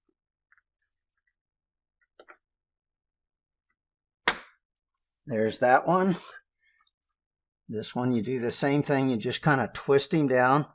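A Dez Furnishings Model 680 cordless blind's headrail is seated into its middle inside-mount clip by rotating the clip down over the headrail while the fabric is pulled clear. A single loud snap at 4.3 s confirms the clip has closed, with only faint small clicks before it. Someone then talks.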